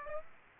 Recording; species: mosquito wingbeat signal from an infrared sensor; Aedes aegypti